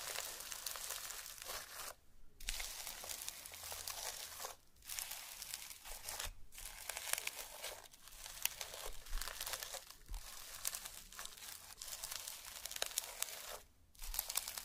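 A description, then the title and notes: Dense, crackly squishing and crinkling slime sounds run steadily, broken by brief silent gaps near two, four and a half, six, and fourteen seconds. Some various mixed sounds.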